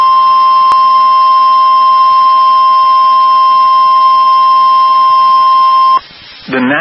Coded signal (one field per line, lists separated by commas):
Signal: Emergency Alert System (SAME) tones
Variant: 1050 Hz attention tone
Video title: SVR In Central Texas EAS #142